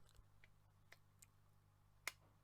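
The restored metal base plate of a Dinky Toys No.282 Duple Roadmaster Leyland Royal Tiger die-cast toy bus is pressed back onto the body. A few faint ticks come first, then a sharp, bright snap at 2.1 s. The base has seated firmly into place.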